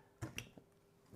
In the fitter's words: This is a quarter turn bayonet fitting, so it locks into place. You can hear it lock once it's in, but